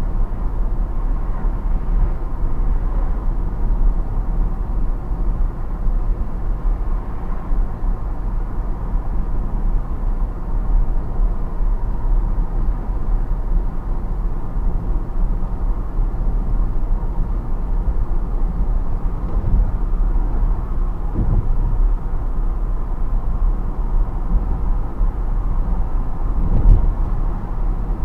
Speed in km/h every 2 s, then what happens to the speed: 70, 70, 70, 70, 68, 70, 70, 70, 70, 70, 70, 70, 70, 70.
0-28 steady at about 70.